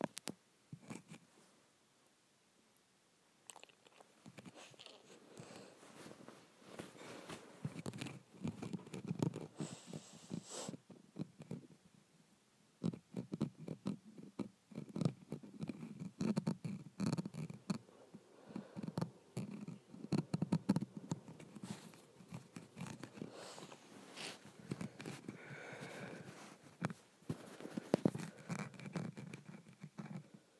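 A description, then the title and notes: Scratching against a window comes in dense, irregular bursts of short scrapes and taps, mostly low and rough with brighter edges. It starts near-silent, builds from about 4 seconds, pauses briefly around 12 seconds, then continues busily, with a few sharp louder clicks. ASMR Scratching my Window.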